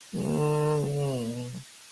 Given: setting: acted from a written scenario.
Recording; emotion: vocal sound without words; sadness